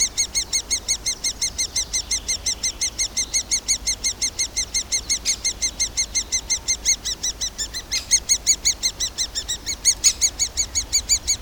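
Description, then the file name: Great spotted woodpecker: a long run of sharp, harmonic-rich notes repeated about three times a second, a few louder notes near the end. "nagy fakopancs hangja"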